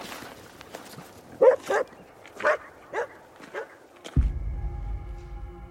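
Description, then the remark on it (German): A shaggy dog, following a night watchman through empty streets and hard-frozen snow at night, gives five short, sharp barks in an uneven rhythm, moderately loud, before a low, steady droning tone with a faint high whine sets in and carries on to the end. “Hinter ihm ein zottliger Hund.”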